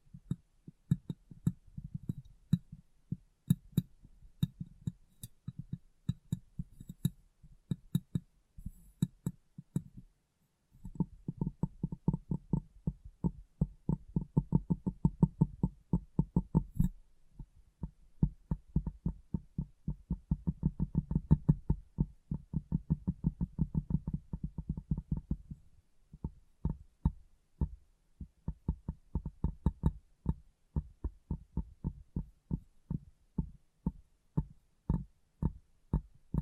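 Glass brain tapping and cleaning: rapid, dense runs of soft taps with a low thudding body and a faint ringing tone above. Bursts run from the start to about 10 seconds and again from 11 to 25, then the taps thin to a slower, sparser rhythm.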